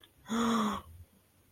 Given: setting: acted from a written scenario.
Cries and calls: vocal sound without words; awe

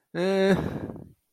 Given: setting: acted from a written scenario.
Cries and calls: vocal sound without words; embarrassment

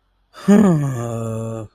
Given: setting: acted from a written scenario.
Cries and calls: vocal sound without words; sympathy

